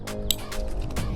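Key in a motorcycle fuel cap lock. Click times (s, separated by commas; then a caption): 0.3 s. On a Yamaha R9 with a Vortex V3 aftermarket motorcycle fuel cap, the key is pushed in and turned at the same time to release it from the cap's lock. A sharp click at 0.3 s marks the key releasing, heard over a steady musical background.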